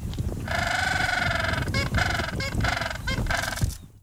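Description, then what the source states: Gentoo penguin giving a loud, donkey-like braying call, one long harsh note followed by several rhythmic pulsing brays, over a low rumbling background. Antarctic penguin about 80 cm tall, nicknamed 'donkey penguin' because of its call.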